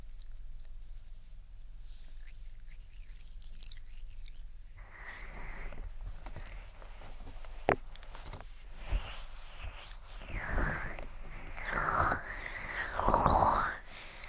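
Ear attention triggers: quiet soft rustling opens, then from about five seconds a steady rubbing hiss sets in. Sharp taps land near eight and nine seconds, and the rubbing swells into wet, sweeping strokes around ten, twelve and thirteen seconds before easing at the end.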